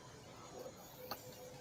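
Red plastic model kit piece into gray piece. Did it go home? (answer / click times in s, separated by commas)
yes / 1.1 s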